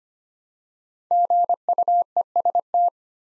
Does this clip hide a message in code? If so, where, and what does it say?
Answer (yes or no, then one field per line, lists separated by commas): yes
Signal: Morse code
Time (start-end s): 1.1-2.9 s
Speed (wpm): 25 wpm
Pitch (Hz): 700 Hz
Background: none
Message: GUEST